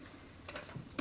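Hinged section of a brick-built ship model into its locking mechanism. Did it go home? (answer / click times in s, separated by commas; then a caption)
no / none. A rubber-band-loaded hinged section of a Lego 6211 Star Destroyer plastic brick model is lowered toward its locking mechanism, making a few faint plastic ticks around 0.3 to 0.6 seconds and a sharper tap at 1.0 seconds. Nothing has seated or clicked yet: the section fails to snap into place because a piece is on wrong.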